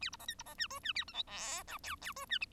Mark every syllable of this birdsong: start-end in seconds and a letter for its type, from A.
0.01-0.10 A, 0.12-0.17 B, 0.19-0.26 C, 0.28-0.34 D, 0.38-0.43 B, 0.45-0.54 C, 0.58-0.67 E, 0.70-0.80 F, 0.83-0.93 E, 0.95-1.04 A, 1.07-1.13 G, 1.13-1.23 H, 1.27-1.63 I, 1.67-1.78 J, 1.83-1.96 K, 2.01-2.13 K, 2.16-2.25 F, 2.29-2.38 E